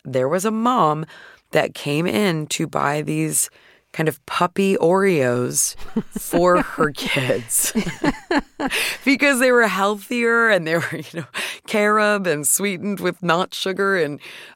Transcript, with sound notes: there was a mom that came in to buy these kind of puppy Oreos for her kids...
(Laughter).
...Because they were healthier, and they were, you know, carob and sweetened with not sugar.